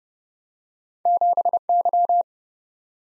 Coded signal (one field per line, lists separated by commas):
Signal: Morse code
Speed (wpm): 30 wpm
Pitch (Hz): 700 Hz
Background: none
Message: 7Y